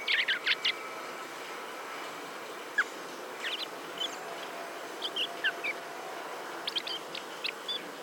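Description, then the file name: Common blackbird calls: a quick burst of sharp notes at the start, then sparser thin chirps and ticks spread out over steady background hiss. "Turdus merula"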